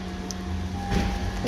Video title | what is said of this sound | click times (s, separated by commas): How to replace cabin filter on 2012 - 2016 Honda CRV | go ahead and push the glove box until it clicks | 0.3 s